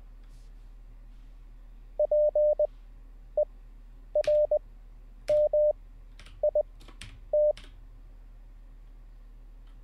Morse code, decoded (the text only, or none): PERMIT